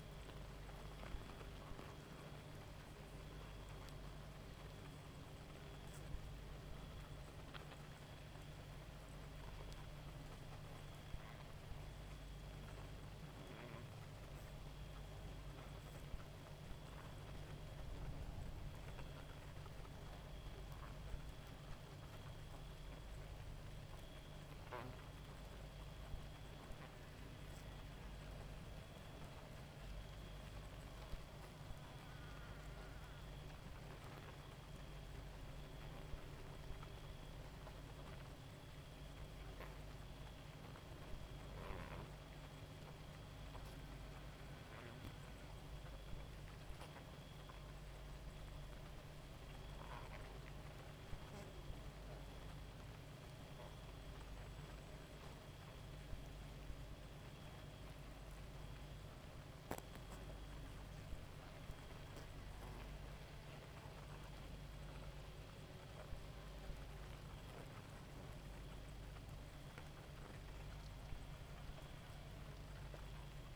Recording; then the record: honeybee colony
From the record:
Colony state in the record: active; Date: 28 July 2017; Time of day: 1:30